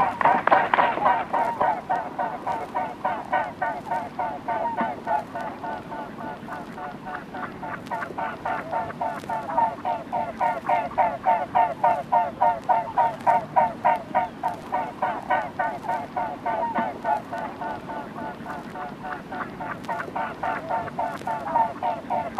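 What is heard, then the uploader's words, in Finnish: A mute swan, heard as a steady, regular throbbing beat of rapid pulses, roughly three per second, continuing for the whole clip with slight rises and falls in strength. A louder mid-pitched burst opens it, and a low rumble sits underneath throughout. Viikon luontoääni: Kyhmyjoutsen.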